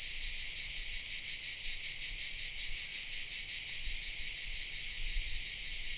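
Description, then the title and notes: Cicada chorus, a high buzzing drone with slow pulsing and faint low knocks. Recorded in the shade of pine trees in the park of the Certosa di Padula, Italy; mainly cicadas; Zoom H6 with MS capsule. "Cicale nel parco della Certosa. Registrazione all'ombra dei pini nel parco della Certosa di Padula. Principalmente biofonie prodotte da cicale e corvi"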